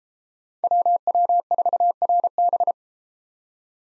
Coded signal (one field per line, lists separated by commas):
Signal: Morse code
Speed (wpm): 31 wpm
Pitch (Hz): 700 Hz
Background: none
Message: WW4RB